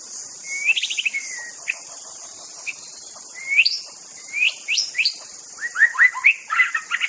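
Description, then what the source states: White-rumped shama song with clear whistled notes, rapid downslurred trills and rising chirps, phrases spaced by pauses over a steady high hiss. Wild bird recorded in forest.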